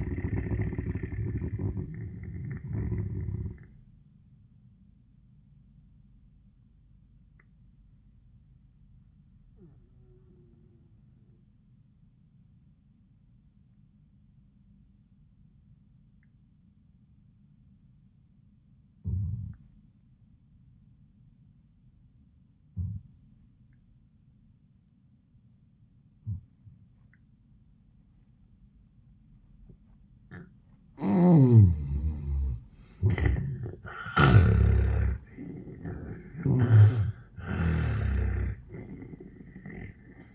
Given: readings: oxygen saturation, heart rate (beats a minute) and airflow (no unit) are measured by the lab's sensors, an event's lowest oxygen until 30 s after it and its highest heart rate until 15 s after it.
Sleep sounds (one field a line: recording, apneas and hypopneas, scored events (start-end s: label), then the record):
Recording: breathing in sleep by a smartphone at the bedside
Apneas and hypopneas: 1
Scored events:
4.00-29.40 s: obstructive apnea (N1, oxygen 96% highest, then 77% lowest, heart rate 79 at the start, 91 highest)
From the record:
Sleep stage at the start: N1 (lightest sleep)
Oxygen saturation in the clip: 81 to 96%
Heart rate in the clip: 70 to 86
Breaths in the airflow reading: 2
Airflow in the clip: -20.6 to 23.2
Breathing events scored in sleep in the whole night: 400 in 8.7 hours asleep